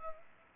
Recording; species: mosquito wingbeat signal from an infrared sensor; Anopheles arabiensis